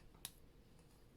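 A plastic storage container drawer, which had not been sitting on its runners properly, is pushed back while diamond painting drills are being kitted. A single sharp, bright snap is heard at 0.3 s against a quiet background. The drawer seats back onto its runners.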